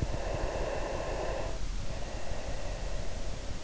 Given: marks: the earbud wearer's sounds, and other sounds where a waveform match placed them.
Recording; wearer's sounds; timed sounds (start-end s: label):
sounds in sleep by an in-ear microphone; breath
0.06-3.57 s: breath